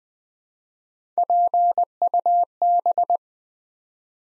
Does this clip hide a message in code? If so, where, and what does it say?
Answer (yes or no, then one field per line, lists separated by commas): yes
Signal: Morse code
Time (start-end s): 1.2-3.2 s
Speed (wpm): 20 wpm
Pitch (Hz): 700 Hz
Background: none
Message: PUB